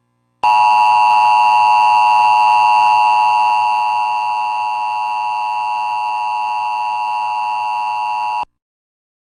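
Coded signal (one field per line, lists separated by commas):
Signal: Emergency Alert System (SAME) tones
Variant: 853 and 960 Hz attention tone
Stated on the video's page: Fictional EAS mock, simulated alert.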